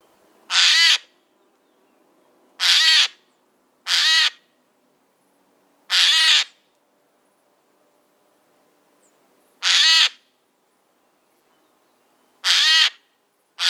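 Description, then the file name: Eurasian jay screeching harshly several times at uneven intervals, each rasping burst brief and loud against a quiet background. "Garrulus glandarius"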